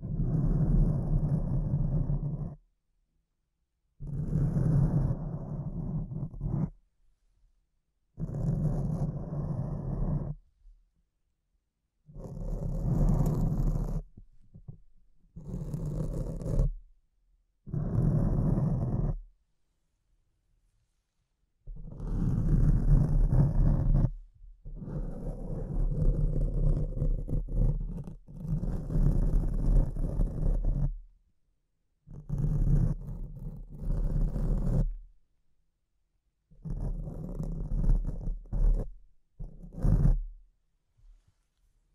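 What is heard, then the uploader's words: Microphone scratching comes in bursts of rough, low rumbling rubbing, each lasting one to four seconds, separated by short silences throughout. ASMR Brain Melting Mic Scratching (No Talking).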